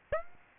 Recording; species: mosquito wingbeat signal from an infrared sensor; Aedes aegypti